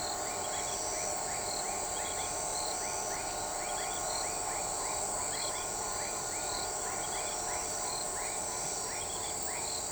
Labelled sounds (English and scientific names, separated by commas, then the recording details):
none
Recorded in shrubland near Pivijay, Magdalena, Colombia, on 13 April 2023 at 00:00
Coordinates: 10.453, -74.365
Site P5-G022